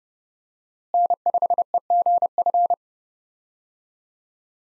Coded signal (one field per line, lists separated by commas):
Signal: Morse code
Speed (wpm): 30 wpm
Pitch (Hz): 700 Hz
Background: none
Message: N5EGF